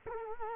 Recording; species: mosquito wingbeat signal from an infrared sensor; Culex quinquefasciatus